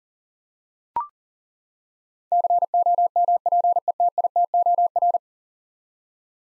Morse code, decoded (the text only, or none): COMPETITOR